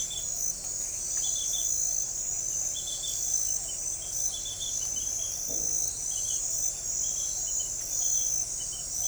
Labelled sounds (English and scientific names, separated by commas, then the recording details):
none
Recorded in forest near Pivijay, Magdalena, Colombia, on 1 June 2023 at 22:30
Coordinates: 10.467, -74.380
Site Z5-G034